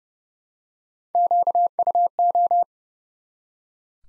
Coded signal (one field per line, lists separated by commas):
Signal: Morse code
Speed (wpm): 30 wpm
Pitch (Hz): 700 Hz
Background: none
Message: QUO